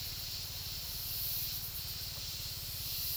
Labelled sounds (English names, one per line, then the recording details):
none
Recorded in dense forest near Puerto Asís, Putumayo, Colombia, on 19 March 2025 at 13:00
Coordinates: 0.503, -76.323
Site GP09